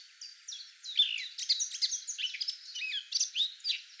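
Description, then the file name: Eurasian blackcap warbling: a continuous tumble of sharp chirps and sliding whistles, rising and falling quickly throughout. "Sylvia atricapilla"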